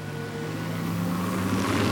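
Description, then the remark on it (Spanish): A car engine revs with a low, steady droning hum and faint tonal whine, gradually building in loudness and intensity over two seconds as the car accelerates away, with no voices. “Vamos, dale caña. Este coche es para correr.”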